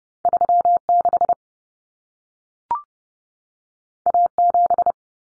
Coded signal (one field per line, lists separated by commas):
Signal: Morse code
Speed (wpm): 30 wpm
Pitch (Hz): 700 Hz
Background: none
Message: 36 A7